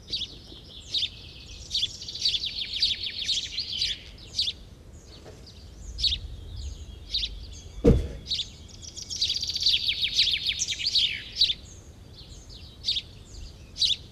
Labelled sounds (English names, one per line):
House Sparrow song